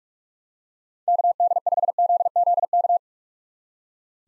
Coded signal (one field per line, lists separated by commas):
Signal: Morse code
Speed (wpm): 43 wpm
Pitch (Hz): 700 Hz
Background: none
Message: KD5ZZK